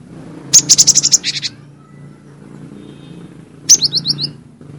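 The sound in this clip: Cinereous tit sings a long rapid run of high clipped notes, then a phrase of quick descending whistles, over a steady low rumbling background hum.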